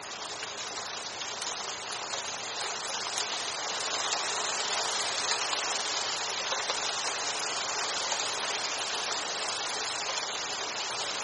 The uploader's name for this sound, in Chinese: 屋檐下听雨